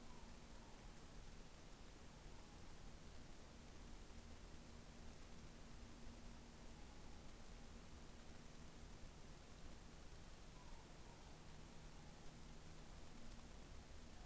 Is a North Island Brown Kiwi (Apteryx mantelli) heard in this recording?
no